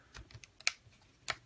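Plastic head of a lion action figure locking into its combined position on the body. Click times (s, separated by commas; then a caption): 0.7 s. The plastic head of a Voltron Classic Legendary Black Lion action figure is worked on its body. Light plastic handling ticks are followed by a sharp plastic click at 0.7 s as the head locks into its combined position, and a second click comes at 1.3 s. The head is seated and locked, and has to be pushed back up to release it.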